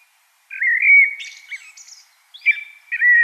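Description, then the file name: Common blackbird sings a sustained fluted phrase with scratchy high twittering, pauses briefly, then adds a second mellow phrase. "Turdus merula"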